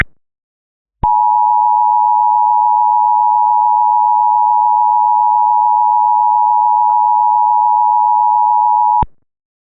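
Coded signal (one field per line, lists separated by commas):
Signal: Emergency Alert System (SAME) tones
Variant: 853 and 960 Hz attention tone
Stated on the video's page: Part of a fictional EAS scenario.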